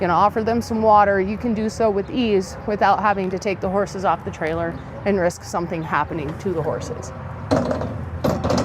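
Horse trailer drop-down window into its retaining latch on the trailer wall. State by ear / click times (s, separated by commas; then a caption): seated / 7.5 s, 8.2 s. Someone talks while closing up the drop-down window on a 2023 Cimarron Norstar 4 Horse Living Quarter horse trailer and pushing it into its retaining catch on the metal trailer side. Two sharp hits sound at 7.5 s and 8.3 s. The drop-down window pops into place and is seated in its catch, so it won't slap against the trailer while driving.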